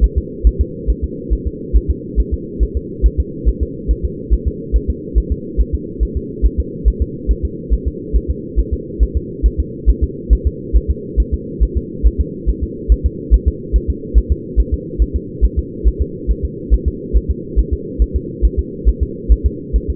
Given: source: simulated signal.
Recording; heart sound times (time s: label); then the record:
fetal heart sounds
0.04 s: S1
0.18 s: S2
0.47 s: S1
0.61 s: S2
0.90 s: S1
1.04 s: S2
1.33 s: S1
1.47 s: S2
1.76 s: S1
1.91 s: S2
2.20 s: S1
2.34 s: S2
2.63 s: S1
2.77 s: S2
3.06 s: S1
3.20 s: S2
3.49 s: S1
3.63 s: S2
3.91 s: S1
4.05 s: S2
4.33 s: S1
4.47 s: S2
4.76 s: S1
4.90 s: S2
5.18 s: S1
5.32 s: S2
5.61 s: S1
5.75 s: S2
6.03 s: S1
6.17 s: S2
6.46 s: S1
6.60 s: S2
6.88 s: S1
7.02 s: S2
7.31 s: S1
7.45 s: S2
7.74 s: S1
7.88 s: S2
8.16 s: S1
8.30 s: S2
8.60 s: S1
8.73 s: S2
9.03 s: S1
9.17 s: S2
9.46 s: S1
9.60 s: S2
9.89 s: S1
10.04 s: S2
10.33 s: S1
10.47 s: S2
10.76 s: S1
10.90 s: S2
11.20 s: S1
11.34 s: S2
11.63 s: S1
11.77 s: S2
12.06 s: S1
12.21 s: S2
12.49 s: S1
12.63 s: S2
12.92 s: S1
13.06 s: S2
13.34 s: S1
13.48 s: S2
13.76 s: S1
13.90 s: S2
14.18 s: S1
14.32 s: S2
14.60 s: S1
14.74 s: S2
15.02 s: S1
15.16 s: S2
15.45 s: S1
15.59 s: S2
15.88 s: S1
16.02 s: S2
16.31 s: S1
16.45 s: S2
16.74 s: S1
16.88 s: S2
17.17 s: S1
17.31 s: S2
17.59 s: S1
17.73 s: S2
18.02 s: S1
18.16 s: S2
18.45 s: S1
18.59 s: S2
18.89 s: S1
19.03 s: S2
19.32 s: S1
19.46 s: S2
19.76 s: S1
19.90 s: S2
From the record:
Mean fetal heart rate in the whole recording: 140 bpm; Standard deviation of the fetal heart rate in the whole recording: 2 bpm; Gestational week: 34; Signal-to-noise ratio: -4.1 dB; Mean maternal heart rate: no maternal heart sound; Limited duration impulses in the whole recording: absent